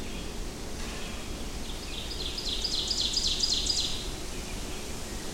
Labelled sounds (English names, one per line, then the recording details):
Ovenbird song
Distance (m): 30 m
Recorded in boreal forest in Alberta, Canada, on 23 June 2016 at 08:58
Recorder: SongMeter 3, array SBT-6-76
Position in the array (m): 12 m, 93 m
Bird 2